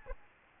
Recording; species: mosquito wingbeat signal from an infrared sensor; Aedes albopictus